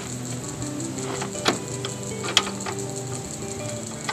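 The spring pin on a stabilizer leg of a PMX camper trailer is pulled out and the leg is moved until the pin snaps back into its locating hole. Over a steady background hiss there are a few light knocks around 1.5 and 1.9 seconds, then a sharp, loud click at 2.4 seconds as the pin seats in place, followed by a softer knock near 4.1 seconds.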